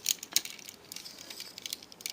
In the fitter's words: se clipse jusqu'à ce que ça se bloque voilà